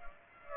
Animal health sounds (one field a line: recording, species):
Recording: mosquito wingbeat signal from an infrared sensor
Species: Aedes aegypti